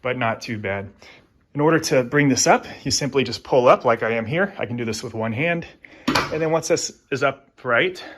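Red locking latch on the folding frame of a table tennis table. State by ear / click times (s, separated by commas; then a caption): not seated / none. Someone talks while lifting one half of a JOOLA Inside Professional MDF indoor folding table tennis table upright with one hand, handling it toward the red locking latch on its folding frame. The clip ends just before the latch locks, so nothing has seated or clicked yet.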